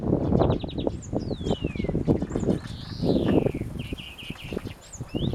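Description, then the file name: European greenfinch calls: short quick trilled notes, a long descending slurred note and an arched drawn-out wheeze, over heavy low rumbling noise. "Chloris chloris"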